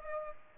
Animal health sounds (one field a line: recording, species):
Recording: mosquito wingbeat signal from an infrared sensor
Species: Culex pipiens